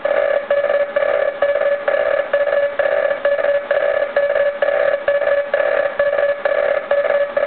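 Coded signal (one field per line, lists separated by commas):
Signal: Hellschreiber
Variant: Feld Hell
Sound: buzzy low tone rapidly chopped on and off in a steady repeating rhythm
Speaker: now I just have it set to say Az A A Z but you get the idea and this is what it sounds like so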